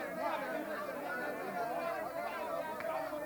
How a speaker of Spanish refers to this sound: Cuando el capitán se dirige a su camarote para tomar notas en su cuaderno de bitácora, escucha un tumulto.